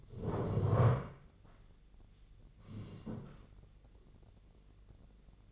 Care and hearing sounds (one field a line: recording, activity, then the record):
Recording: daily activity, microphone in the room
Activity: sit down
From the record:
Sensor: 4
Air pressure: 1013.2 hPa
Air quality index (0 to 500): 172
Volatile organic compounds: 2 ppm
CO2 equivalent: 1087 ppm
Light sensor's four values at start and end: 52/129/55/59 and 53/130/55/59